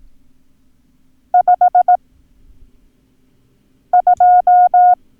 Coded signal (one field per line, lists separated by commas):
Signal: Morse code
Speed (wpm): 18 wpm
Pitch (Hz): 720 Hz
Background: none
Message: 52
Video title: Learn Morse Code - Numbers - Lesson 3